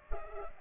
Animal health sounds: mosquito wingbeat signal from an infrared sensor; Culex pipiens

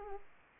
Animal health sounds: mosquito wingbeat signal from an infrared sensor; Aedes aegypti

